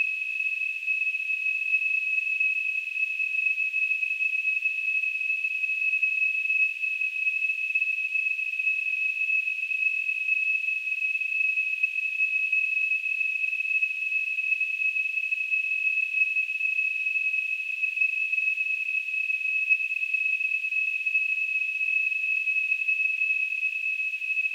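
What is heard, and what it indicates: Simulated tinnitus: a steady, unbroken high-pitched tone near 2.7 kHz, with a faint hiss around it, holding the same loudness throughout.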